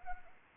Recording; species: mosquito wingbeat signal from an infrared sensor; Anopheles arabiensis